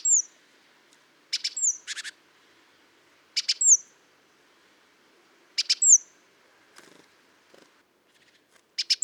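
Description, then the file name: Great tit calls: high thin downslurred whistles paired with brief clicky notes, given in several irregular bursts over a quiet background. "Parus major"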